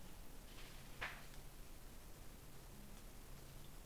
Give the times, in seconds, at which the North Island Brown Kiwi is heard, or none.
none